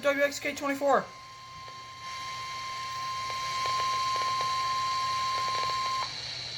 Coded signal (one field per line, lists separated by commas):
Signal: Emergency Alert System (SAME) tones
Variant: 1050 Hz attention tone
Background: speech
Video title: EAS #49-56: Thanksgiving Break Compilation!